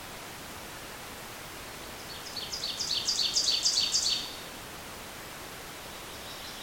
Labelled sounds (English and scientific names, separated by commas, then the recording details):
Ovenbird (Seiurus aurocapilla) song
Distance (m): 25 m
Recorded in boreal forest in Alberta, Canada, on 28 June 2016 at 08:32
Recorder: SongMeter 3, array SBT-6-79
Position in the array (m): 36 m, 127 m
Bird 40